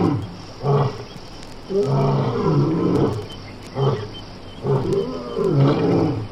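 Animal calls, low rough groaning cries in irregular bursts over a steady background hiss.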